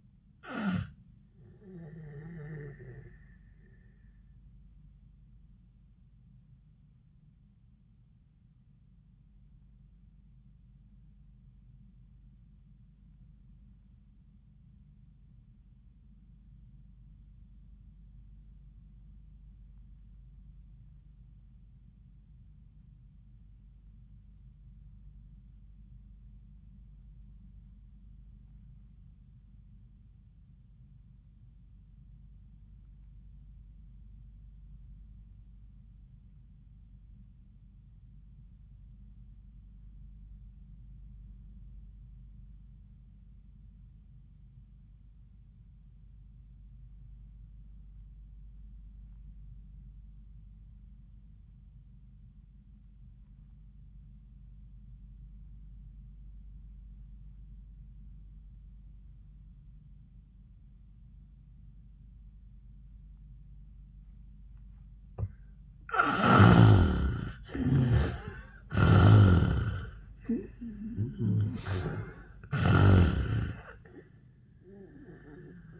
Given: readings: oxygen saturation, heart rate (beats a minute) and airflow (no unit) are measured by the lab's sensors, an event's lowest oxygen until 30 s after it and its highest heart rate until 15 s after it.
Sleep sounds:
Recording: breathing in sleep by a smartphone at the bedside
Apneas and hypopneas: 1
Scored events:
5.00-67.10 s: obstructive apnea (N1, oxygen 96% highest, then 63% lowest, heart rate 78 at the start, 103 highest)
14.00-75.80 s: new sleep stage, REM sleep
From the record:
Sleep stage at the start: N1 (lightest sleep)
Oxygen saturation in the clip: 67 to 96%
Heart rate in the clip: 64 to 95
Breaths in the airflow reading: 3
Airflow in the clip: -36.3 to 13.5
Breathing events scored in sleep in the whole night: 400 in 8.7 hours asleep

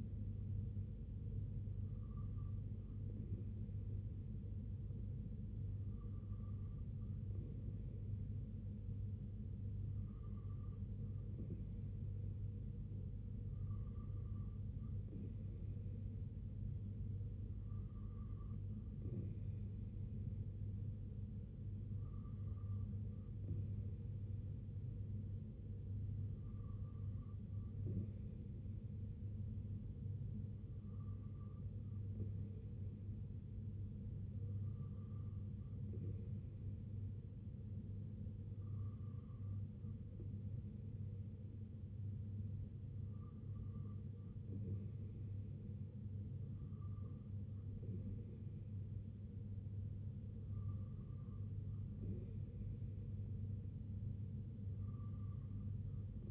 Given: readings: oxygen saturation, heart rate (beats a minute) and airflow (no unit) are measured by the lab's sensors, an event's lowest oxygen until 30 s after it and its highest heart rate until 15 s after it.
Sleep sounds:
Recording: breathing in sleep by a smartphone at the bedside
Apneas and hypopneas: none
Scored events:
none scored
From the record:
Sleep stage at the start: N2 (light sleep)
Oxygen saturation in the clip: 93%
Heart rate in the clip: 66 to 71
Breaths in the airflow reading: 14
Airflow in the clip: -3.5 to 2.3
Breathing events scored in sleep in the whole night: 258 in 7.4 hours asleep

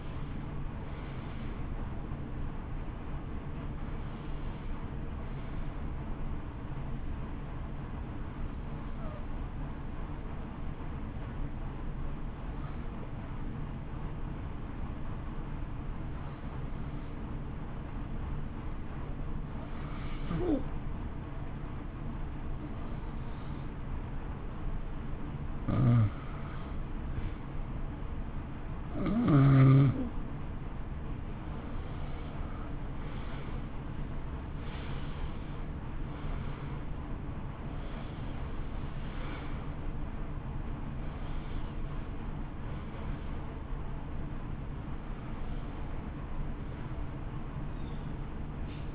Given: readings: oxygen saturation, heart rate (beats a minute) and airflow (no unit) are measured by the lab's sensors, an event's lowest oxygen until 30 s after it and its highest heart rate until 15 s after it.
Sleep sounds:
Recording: breathing in sleep by a smartphone at the bedside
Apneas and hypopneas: 1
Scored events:
10.00-26.90 s: hypopnea (N1, oxygen 94% highest, then 88% lowest, heart rate 59 at the start, 69 highest)
13.00-43.00 s: new sleep stage, N2 (light sleep)
43.00-48.95 s: new sleep stage, awake
46.00-48.95 s: awake
From the record:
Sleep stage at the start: N1 (lightest sleep)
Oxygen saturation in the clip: 88 to 94%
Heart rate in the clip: 58 to 69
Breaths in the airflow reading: 14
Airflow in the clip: -13.2 to 14.3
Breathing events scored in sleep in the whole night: 328 in 6.3 hours asleep

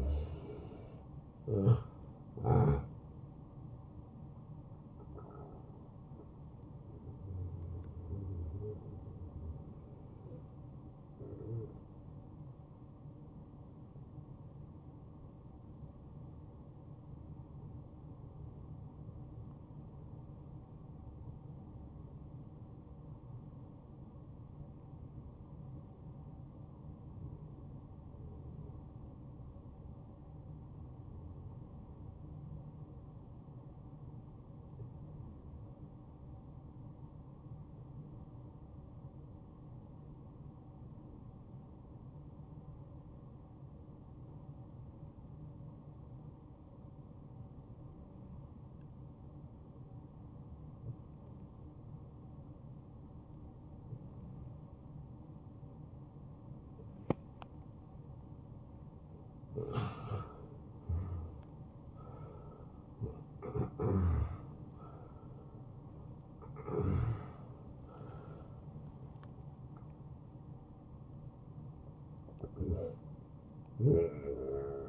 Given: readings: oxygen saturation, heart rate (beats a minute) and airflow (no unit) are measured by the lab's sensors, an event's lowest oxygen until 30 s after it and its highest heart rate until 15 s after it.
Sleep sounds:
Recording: breathing in sleep by a smartphone at the bedside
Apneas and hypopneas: 1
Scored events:
0.00-10.00 s: awake
8.00-59.70 s: hypopnea (scored as awake, oxygen 97% highest, then 87% lowest, heart rate 69 at the start, 76 highest)
9.00-74.89 s: new sleep stage, N1 (lightest sleep)
From the record:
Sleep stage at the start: awake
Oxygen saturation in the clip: 86 to 97%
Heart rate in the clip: 58 to 76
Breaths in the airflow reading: 12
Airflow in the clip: -11.7 to 8.5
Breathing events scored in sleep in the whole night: 263 in 5.5 hours asleep

